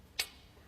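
A fuel injector is pressed into its bore in the engine's cylinder head until it seats fully. A single sharp, bright click at 0.2 s rises well above the quiet background, then fades quickly. The injector is confirmed seated.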